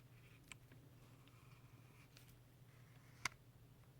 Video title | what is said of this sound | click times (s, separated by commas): Velocity RDA Clone intro and beginner build | there I don't know if you could hear that but it's a little little lock into place and now I can't turn it | 3.3 s